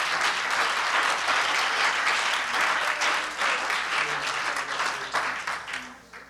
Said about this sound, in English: Oh, could we give the Lord a hand clap of praise in this place?